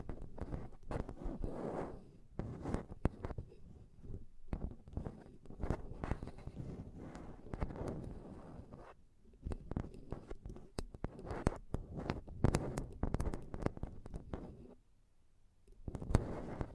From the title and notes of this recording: ASMR Intense Mic Tapping and Scratching Sounds (No Talking).